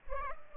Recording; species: mosquito wingbeat signal from an infrared sensor; Culex pipiens